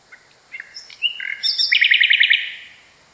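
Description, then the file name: Common nightingale song opening with a few soft separate notes, building into a fast, rich rattling trill of repeated notes that fades out. Song variation. "kicauan-nightingale-a-variasi 1-omkicau"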